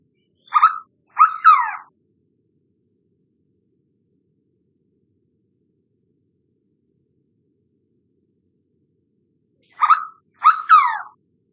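Bird calls: two harsh, clipped notes in quick succession, heard once and then again after a long silence.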